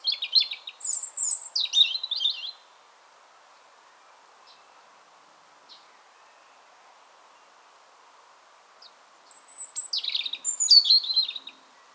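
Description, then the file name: European robin song in two bursts, each a couple of seconds of high, sharp descending notes and jumbled trills, separated by roughly six seconds of silence. "Erithacus rubecula"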